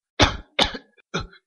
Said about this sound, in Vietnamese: máu mồm của ông bắn ra sặc sụa luôn. Ông già ho thành tiếng.